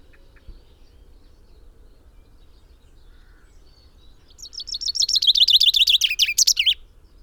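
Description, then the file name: Common chaffinch song: after a quiet low hum, a fast rattling trill of repeated notes ending in a short flourish, lasting a little over two seconds. "Fringilla coelebs"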